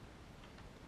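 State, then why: Not seated. A plastic hub side cover is pushed onto the wheel hub of a Ranger X1 electric unicycle while the other side is refitted after a tire change. Only a steady, even hiss with a couple of faint, soft ticks is heard over 0.9 seconds. The cover has not snapped into place; nothing has seated or clicked yet.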